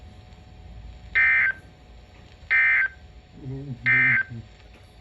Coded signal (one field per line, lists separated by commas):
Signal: Emergency Alert System (SAME) tones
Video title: EAS 2043-2054 (8/20 - 8/31/22)